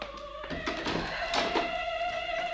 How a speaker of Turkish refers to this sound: Kapıyı açayım.